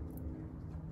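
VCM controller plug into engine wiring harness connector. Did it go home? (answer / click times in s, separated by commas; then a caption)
no / none. The male plug of a Honda VCM controller is being handled and pushed toward the engine wiring harness connector, with a steady low rumble underneath and a brief faint tick at about 0.2 seconds. Nothing has seated or clicked yet; the plug is not yet home in the connector.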